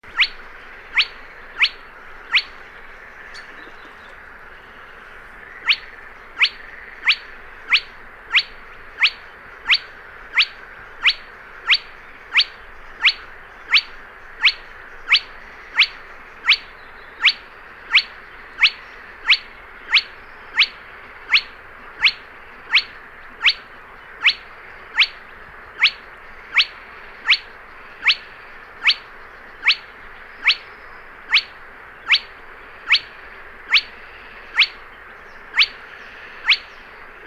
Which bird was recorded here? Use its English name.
Spotted Crake